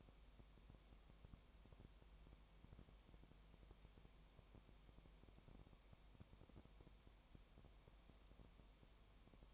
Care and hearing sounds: daily activity, microphone in the room; no activity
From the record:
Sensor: 1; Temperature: 19.4 degrees Celsius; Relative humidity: 35.7%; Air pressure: 1003.3 hPa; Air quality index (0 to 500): 113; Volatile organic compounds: 2 ppm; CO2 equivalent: 1260 ppm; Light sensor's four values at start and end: 1/2/1/1 and 1/2/1/1

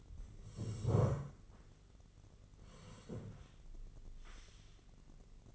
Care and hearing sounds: daily activity, microphone in the room; sit down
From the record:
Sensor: 4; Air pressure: 1013.2 hPa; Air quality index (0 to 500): 176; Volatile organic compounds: 2 ppm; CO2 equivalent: 1113 ppm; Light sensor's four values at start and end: 48/120/50/54 and 48/119/50/54

